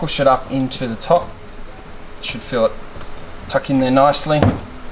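On an Audi Q5, a door panel trim is pushed up into the top of the car door frame after the door lock actuator has been refitted, while someone talks. Soft handling and rubbing sounds are heard. Nothing has seated or clicked yet; the trim clip is not yet home.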